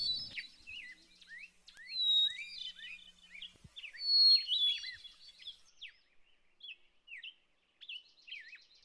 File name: the hermits song